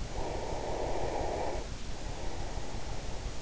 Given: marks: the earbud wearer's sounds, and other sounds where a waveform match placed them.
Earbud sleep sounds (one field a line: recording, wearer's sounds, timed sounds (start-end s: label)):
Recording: sounds in sleep by an in-ear microphone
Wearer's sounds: breath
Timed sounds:
0.00-3.41 s: breath